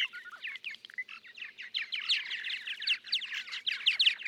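Purple martin chatter: dense, continuous gurgling and twittering, with many overlapping chirps and whistled notes throughout.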